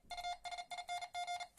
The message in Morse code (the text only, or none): USING